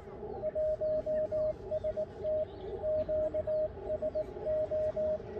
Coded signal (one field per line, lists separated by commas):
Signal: Morse code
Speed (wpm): 19 wpm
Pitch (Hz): 620 Hz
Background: radio noise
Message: 1ST QSO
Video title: 모스 부호로 일본 OM님께 거짓말을 해보자